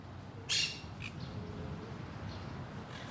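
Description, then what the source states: Exotic birds: exotic bird with one sharp, loud squawk, then a short fainter call and scattered soft chirps over a constant low hum. Garden of exotic birds.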